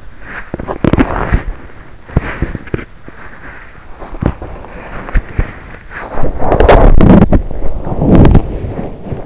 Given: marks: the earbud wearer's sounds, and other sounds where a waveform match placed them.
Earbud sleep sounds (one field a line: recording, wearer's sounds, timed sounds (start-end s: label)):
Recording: sounds in sleep by an in-ear microphone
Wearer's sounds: body movement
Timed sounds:
0.00-9.26 s: body movement